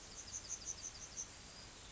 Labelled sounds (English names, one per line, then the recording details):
Yellowhammer song
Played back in grassland
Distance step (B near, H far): F
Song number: 170